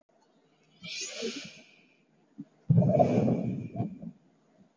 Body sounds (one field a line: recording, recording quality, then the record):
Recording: shallow breathing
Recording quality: excellent, no background noise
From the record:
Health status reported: healthy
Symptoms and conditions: none ticked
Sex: male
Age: 20 years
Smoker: not ticked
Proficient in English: yes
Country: India